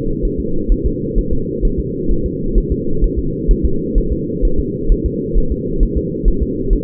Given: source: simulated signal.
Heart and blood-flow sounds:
fetal heart sounds
0.25 s: S1
0.40 s: S2
0.72 s: S1
0.86 s: S2
1.19 s: S1
1.33 s: S2
1.65 s: S1
1.80 s: S2
2.11 s: S1
2.26 s: S2
2.58 s: S1
2.72 s: S2
3.04 s: S1
3.19 s: S2
3.51 s: S1
3.65 s: S2
3.98 s: S1
4.12 s: S2
4.45 s: S1
4.59 s: S2
4.92 s: S1
5.06 s: S2
5.38 s: S1
5.52 s: S2
5.83 s: S1
5.97 s: S2
6.28 s: S1
6.42 s: S2
6.73 s: S1
From the record:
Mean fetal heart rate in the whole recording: 130 bpm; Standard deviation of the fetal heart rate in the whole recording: 4 bpm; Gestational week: 38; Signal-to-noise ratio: -8.1 dB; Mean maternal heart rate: 72 bpm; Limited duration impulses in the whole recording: absent

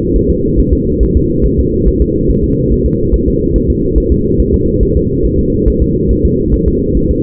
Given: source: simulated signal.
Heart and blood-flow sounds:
fetal heart sounds
0.16 s: S1
0.30 s: S2
0.59 s: S1
0.73 s: S2
1.03 s: S1
1.17 s: S2
1.46 s: S1
1.60 s: S2
1.88 s: S1
2.02 s: S2
2.30 s: S1
2.44 s: S2
2.72 s: S1
2.86 s: S2
3.14 s: S1
3.28 s: S2
3.56 s: S1
3.70 s: S2
3.98 s: S1
4.12 s: S2
4.40 s: S1
4.54 s: S2
4.83 s: S1
4.97 s: S2
5.25 s: S1
5.39 s: S2
5.68 s: S1
5.82 s: S2
6.11 s: S1
6.25 s: S2
6.54 s: S1
6.68 s: S2
6.97 s: S1
7.11 s: S2
From the record:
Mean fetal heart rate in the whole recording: 140 bpm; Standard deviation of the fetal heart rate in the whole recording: 2 bpm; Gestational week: 34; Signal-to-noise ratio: -14.7 dB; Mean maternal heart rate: 72 bpm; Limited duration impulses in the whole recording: present

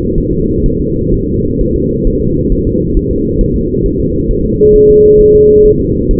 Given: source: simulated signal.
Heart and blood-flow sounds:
fetal heart sounds
0.18 s: S1
0.33 s: S2
0.66 s: S1
0.81 s: S2
1.14 s: S1
1.29 s: S2
1.61 s: S1
1.76 s: S2
2.07 s: S1
2.22 s: S2
2.52 s: S1
2.67 s: S2
2.97 s: S1
3.11 s: S2
3.41 s: S1
3.56 s: S2
3.86 s: S1
4.01 s: S2
4.31 s: S1
4.45 s: S2
4.76 s: S1
4.90 s: S2
5.21 s: S1
5.35 s: S2
5.66 s: S1
5.80 s: S2
6.11 s: S1
From the record:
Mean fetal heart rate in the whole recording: 130 bpm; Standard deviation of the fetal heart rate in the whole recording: 4 bpm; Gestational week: 38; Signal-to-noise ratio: -10.2 dB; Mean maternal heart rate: 72 bpm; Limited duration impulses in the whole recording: present

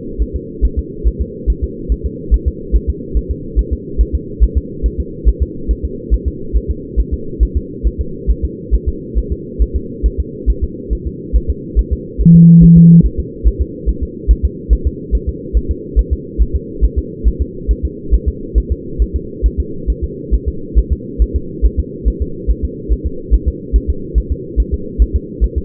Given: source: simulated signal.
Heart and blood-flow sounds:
fetal heart sounds
0.22 s: S1
0.36 s: S2
0.65 s: S1
0.79 s: S2
1.07 s: S1
1.21 s: S2
1.50 s: S1
1.64 s: S2
1.92 s: S1
2.06 s: S2
2.34 s: S1
2.48 s: S2
2.75 s: S1
2.89 s: S2
3.17 s: S1
3.31 s: S2
3.59 s: S1
3.73 s: S2
4.01 s: S1
4.15 s: S2
4.44 s: S1
4.58 s: S2
4.86 s: S1
5.00 s: S2
5.28 s: S1
5.42 s: S2
5.71 s: S1
5.85 s: S2
6.14 s: S1
6.28 s: S2
6.56 s: S1
6.70 s: S2
7.00 s: S1
7.14 s: S2
7.43 s: S1
7.57 s: S2
7.87 s: S1
8.01 s: S2
8.30 s: S1
8.44 s: S2
8.74 s: S1
8.88 s: S2
9.18 s: S1
9.32 s: S2
9.62 s: S1
9.76 s: S2
10.06 s: S1
10.20 s: S2
10.50 s: S1
10.64 s: S2
10.93 s: S1
11.07 s: S2
11.36 s: S1
11.50 s: S2
11.79 s: S1
11.93 s: S2
12.21 s: S1
12.35 s: S2
12.64 s: S1
12.78 s: S2
13.05 s: S1
13.19 s: S2
13.47 s: S1
13.61 s: S2
13.89 s: S1
14.03 s: S2
14.31 s: S1
14.45 s: S2
14.73 s: S1
14.87 s: S2
15.15 s: S1
15.29 s: S2
15.57 s: S1
15.71 s: S2
15.99 s: S1
16.13 s: S2
16.41 s: S1
16.56 s: S2
16.84 s: S1
16.98 s: S2
17.28 s: S1
17.42 s: S2
17.71 s: S1
17.85 s: S2
18.14 s: S1
18.28 s: S2
18.58 s: S1
18.72 s: S2
19.02 s: S1
19.16 s: S2
19.46 s: S1
19.60 s: S2
19.90 s: S1
20.04 s: S2
20.34 s: S1
20.48 s: S2
20.78 s: S1
20.92 s: S2
21.22 s: S1
21.36 s: S2
21.66 s: S1
21.80 s: S2
22.08 s: S1
22.22 s: S2
22.50 s: S1
22.64 s: S2
22.92 s: S1
23.06 s: S2
23.34 s: S1
23.48 s: S2
23.76 s: S1
23.90 s: S2
24.18 s: S1
24.32 s: S2
24.60 s: S1
24.74 s: S2
25.02 s: S1
25.16 s: S2
25.44 s: S1
25.58 s: S2
From the record:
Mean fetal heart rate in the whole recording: 140 bpm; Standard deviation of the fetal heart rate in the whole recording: 2 bpm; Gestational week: 34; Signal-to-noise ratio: -4.3 dB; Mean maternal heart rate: 72 bpm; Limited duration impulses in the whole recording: present

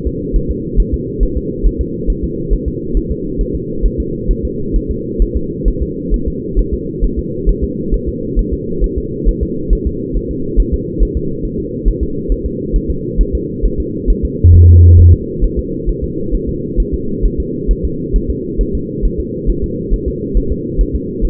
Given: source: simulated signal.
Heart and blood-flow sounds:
fetal heart sounds
0.07 s: S2
0.36 s: S1
0.51 s: S2
0.80 s: S1
0.94 s: S2
1.23 s: S1
1.37 s: S2
1.66 s: S1
1.81 s: S2
2.10 s: S1
2.24 s: S2
2.53 s: S1
2.68 s: S2
2.97 s: S1
3.11 s: S2
3.41 s: S1
3.55 s: S2
3.85 s: S1
4.00 s: S2
4.31 s: S1
4.45 s: S2
4.76 s: S1
4.91 s: S2
5.22 s: S1
5.36 s: S2
5.68 s: S1
5.82 s: S2
6.14 s: S1
6.28 s: S2
6.59 s: S1
6.74 s: S2
7.04 s: S1
7.19 s: S2
7.49 s: S1
7.64 s: S2
7.94 s: S1
8.08 s: S2
8.39 s: S1
8.53 s: S2
8.84 s: S1
8.98 s: S2
9.28 s: S1
9.43 s: S2
9.73 s: S1
9.87 s: S2
10.16 s: S1
10.31 s: S2
10.60 s: S1
10.74 s: S2
11.02 s: S1
11.17 s: S2
11.45 s: S1
11.60 s: S2
11.88 s: S1
12.03 s: S2
12.32 s: S1
12.46 s: S2
12.76 s: S1
12.90 s: S2
13.21 s: S1
13.35 s: S2
13.66 s: S1
13.80 s: S2
14.10 s: S1
14.25 s: S2
14.55 s: S1
14.69 s: S2
15.00 s: S1
15.14 s: S2
15.44 s: S1
15.59 s: S2
15.89 s: S1
16.04 s: S2
16.35 s: S1
16.49 s: S2
16.80 s: S1
16.94 s: S2
17.25 s: S1
17.40 s: S2
17.71 s: S1
17.85 s: S2
18.16 s: S1
18.30 s: S2
18.61 s: S1
18.75 s: S2
19.05 s: S1
19.20 s: S2
19.49 s: S1
19.64 s: S2
19.93 s: S1
20.08 s: S2
20.37 s: S1
20.52 s: S2
20.81 s: S1
20.95 s: S2
21.25 s: S1
From the record:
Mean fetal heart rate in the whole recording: 135 bpm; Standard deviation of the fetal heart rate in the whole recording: 3 bpm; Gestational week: 36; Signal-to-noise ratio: -6.6 dB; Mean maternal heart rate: 72 bpm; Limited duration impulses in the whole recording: present

